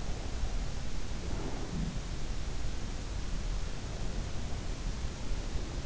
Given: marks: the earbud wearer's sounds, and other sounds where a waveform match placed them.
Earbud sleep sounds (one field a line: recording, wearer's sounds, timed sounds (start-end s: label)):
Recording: sounds in sleep by an in-ear microphone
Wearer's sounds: breath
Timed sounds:
0.85-3.14 s: breath